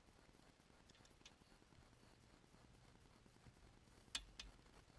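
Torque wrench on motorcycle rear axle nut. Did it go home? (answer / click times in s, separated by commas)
yes / 4.2 s, 4.4 s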